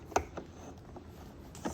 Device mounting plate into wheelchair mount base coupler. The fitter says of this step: slide that in there's a little hole that will click once you hear the click